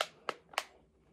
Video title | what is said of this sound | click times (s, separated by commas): Unboxing Unity Wireless Maxwest Nitro N62 FREE | and you hear snap | 0.0 s, 0.3 s, 0.6 s